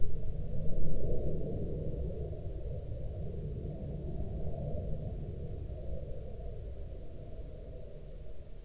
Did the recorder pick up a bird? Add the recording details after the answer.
no. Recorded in the Prudhoe Bay oil fields, Alaska, on 6 August 2019 at 14:10. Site 13